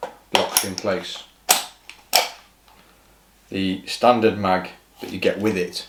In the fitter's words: An aftermarket Nuprol mag Locks in